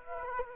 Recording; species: mosquito wingbeat signal from an infrared sensor; Aedes aegypti